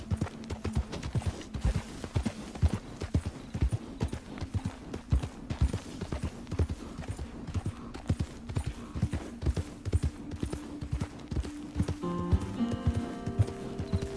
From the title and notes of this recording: The ambient sounds of the wilderness, wildlife, and weather. The gentle clip-clop of our horse's hooves.